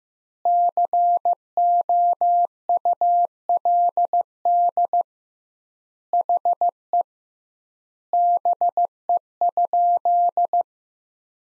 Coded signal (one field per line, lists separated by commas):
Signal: Morse code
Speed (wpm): 15 wpm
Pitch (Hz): 700 Hz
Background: none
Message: COULD HE BE?